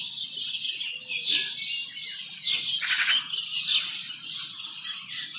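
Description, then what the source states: Bird chirping and twittering, with bright high notes recurring several times, a thin whistle near the start and end, over a soft low background hum. Singing in a garden.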